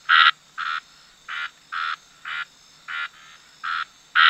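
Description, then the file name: Red-snouted treefrog calling with eight short, buzzy rasping notes at roughly half-second intervals. "Scinax ruber"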